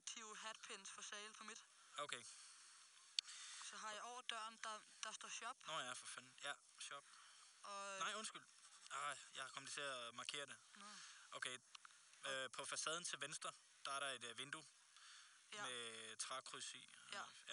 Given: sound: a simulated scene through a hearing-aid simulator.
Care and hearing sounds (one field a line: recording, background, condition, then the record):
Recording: conversation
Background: quiet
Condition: 75 dB SPL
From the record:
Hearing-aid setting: I (fast-acting compression, audibility-based gain)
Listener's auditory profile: C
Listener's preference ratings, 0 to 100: 30, 31, 42